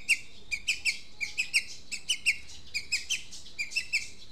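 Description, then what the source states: Long-tailed shrike song: soft, chattering clusters of scratchy notes repeated in short groups over background hiss. Long-tailed shrike, known locally as cendet, singing in the song style called "super tembak".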